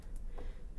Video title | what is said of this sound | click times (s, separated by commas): Introduction to the JVC-GY HM600U | give it a click pop it out | 0.2 s